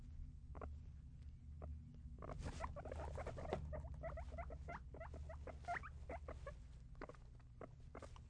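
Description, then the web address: Guinea pig squeaking in quick chirps amid rustling and scratching movement, with a low steady hum beneath. Guinea pig squeaks in a cage, with movement. "Sound Effects-SFXBible animals-guinea-pig-cage-ambience-movement-squeaks"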